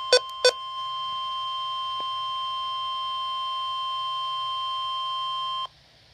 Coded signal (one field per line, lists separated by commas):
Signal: Emergency Alert System (SAME) tones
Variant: 1050 Hz attention tone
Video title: (RARE) High Wind Warning For My Area!!! (EAS #8)